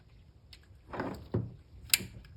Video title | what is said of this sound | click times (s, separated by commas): Alternator Testing & Replacement F150 5.4L 1997 - 2004. Easy job - Save $$ and DIY. | there you go you probably heard that snap on into place | 1.9 s